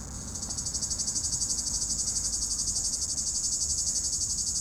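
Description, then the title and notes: Cicada call, a dense high buzzing in rapid pulses, swelling in at the start and holding steady, over a low rumble. Cicada in an apple tree at the top of a hill near Chindrieux, France; 32° heat; road traffic nearby; recorded with a Zoom H4n Pro, preamp level 100. "3029 Rte d'Aix, Chindrieux, France - cigale. Cigale dans un pommier au sommet de la côte de groisin, il fait 32°"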